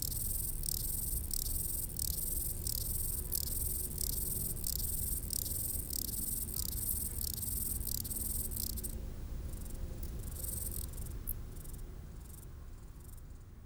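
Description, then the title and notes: Grasshoppers stridulating in short high buzzy bursts, then fading and becoming irregular near the end, over a steady low rumble. Several grasshoppers stridulating on a roadside bank along the Mont du Chat TV relay road at 1500 m altitude, Le Bourget-du-Lac, France, with distant valley noise in the background. "D42, 73370 Le Bourget-du-Lac, France - insectes du talus. Route du relais télévision du Mont du Chat à 1500m d'altitude les stridulations des criquets sur le talus et les bruits lointains de la vallée en arrière plan"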